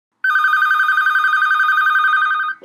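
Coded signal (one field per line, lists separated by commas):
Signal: none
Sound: phone ringing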